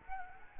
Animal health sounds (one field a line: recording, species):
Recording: mosquito wingbeat signal from an infrared sensor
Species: Culex quinquefasciatus